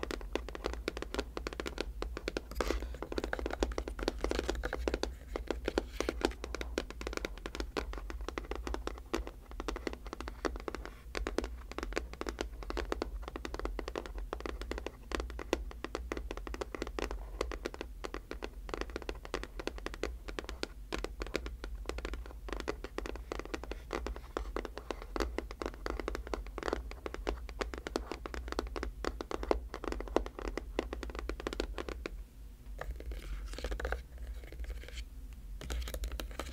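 Tapping and scratching, a dense run of quick, irregular clicks and scrapes that continues with little pause for the whole clip. A low steady hum sits underneath, and the activity thins briefly around 32 seconds before resuming.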